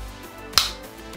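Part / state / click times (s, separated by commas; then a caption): sunglasses arms with built-in magnets, closing onto each other / seated / 0.6 s. Folding sunglasses with a magnet built into each arm are closed, and the arms pull together and snap into place with one sharp click at 0.6 s. The rest of the clip is quiet, and the arms are seated shut.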